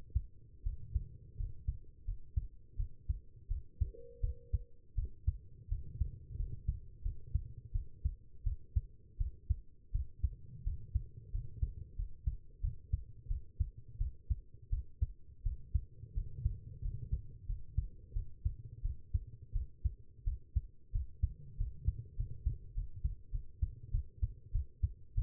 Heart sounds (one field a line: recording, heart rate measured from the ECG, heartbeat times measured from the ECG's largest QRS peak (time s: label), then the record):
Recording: heart sounds by stethoscope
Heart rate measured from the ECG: 88 bpm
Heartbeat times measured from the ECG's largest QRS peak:
0.63 s: heartbeat
1.37 s: heartbeat
2.05 s: heartbeat
2.76 s: heartbeat
3.48 s: heartbeat
4.21 s: heartbeat
4.95 s: heartbeat
5.69 s: heartbeat
6.37 s: heartbeat
7.03 s: heartbeat
7.72 s: heartbeat
8.44 s: heartbeat
9.18 s: heartbeat
9.92 s: heartbeat
10.64 s: heartbeat
11.32 s: heartbeat
11.96 s: heartbeat
12.61 s: heartbeat
13.28 s: heartbeat
13.98 s: heartbeat
14.70 s: heartbeat
15.43 s: heartbeat
16.14 s: heartbeat
16.82 s: heartbeat
17.46 s: heartbeat
18.13 s: heartbeat
18.82 s: heartbeat
19.53 s: heartbeat
20.24 s: heartbeat
20.92 s: heartbeat
21.57 s: heartbeat
22.16 s: heartbeat
22.74 s: heartbeat
23.31 s: heartbeat
23.91 s: heartbeat
24.52 s: heartbeat
25.14 s: heartbeat
From the record:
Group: healthy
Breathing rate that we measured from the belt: 12 breaths a minute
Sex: female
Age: 19 years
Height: 163 cm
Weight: 51 kg